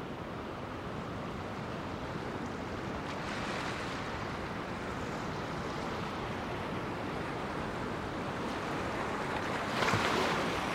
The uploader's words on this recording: Recorded August 25th, 2022 at Cape Disappointment on the Pacific Coast in Washington.